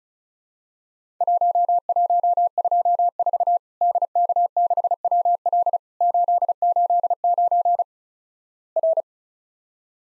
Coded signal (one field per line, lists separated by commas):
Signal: Morse code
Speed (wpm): 36 wpm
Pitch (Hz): 700 Hz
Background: none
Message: 1124 DK6WL 889 R